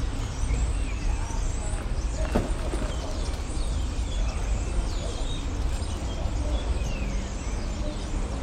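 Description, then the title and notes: Many common starlings calling at once: bright whistled slurs and squeaks, with a brief sharp clatter near the middle and a continuous urban rumble beneath. Hundreds of starlings gathered on a crane in Rue de Flandre, Brussels, Belgium; recorded with Sony PCM-M10 internal microphones. "Bruxelles, Belgique, Rue de Flandre - hundreds of starlings on a crane. Des centaines d'étourneaux sur une grue honderden spreeuwen op een kraan"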